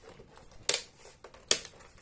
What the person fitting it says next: Click, click, click. Okay.